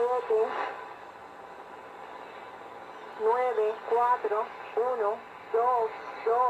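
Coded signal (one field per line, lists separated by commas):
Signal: numbers station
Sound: a synthetic-sounding voice reads about five short words at steady intervals over radio hiss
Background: radio static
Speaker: muchos de ustedes ya reconocieron este tipo de emisiones y efectivamente son las famosas estaciones de números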